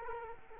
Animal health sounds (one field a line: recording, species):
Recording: mosquito wingbeat signal from an infrared sensor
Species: Culex quinquefasciatus